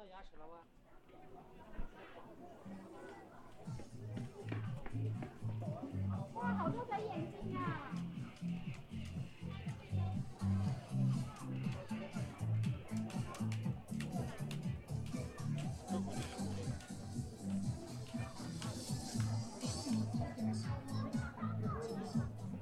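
Voices fill the scene at Hongyadong in Chongqing, with several people talking over one another in a steady, dense babble. A constant low rumble runs underneath, and brief clicks and knocks break through now and then across the whole stretch.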